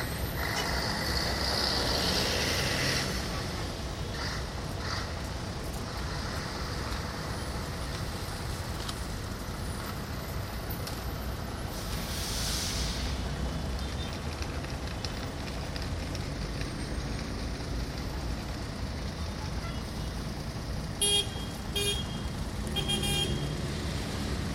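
Moderate traffic rolls through a city plaza with a steady low rumble of engines and tires. A vehicle swells past near the start and another around the twelve-second mark, and a few brief bright squeaks or chirps cut through around twenty-one seconds.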